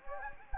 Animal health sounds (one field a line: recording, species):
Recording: mosquito wingbeat signal from an infrared sensor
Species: Anopheles gambiae